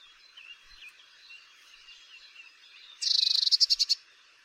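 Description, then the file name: Eurasian blue tit, one loud, high churring burst of quick repeated buzzy notes near the end. "Cyanistes caeruleus"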